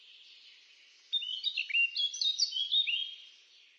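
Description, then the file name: Eurasian blackcap singing a short phrase of warbled and whistled notes over a steady hiss. "Kapturka"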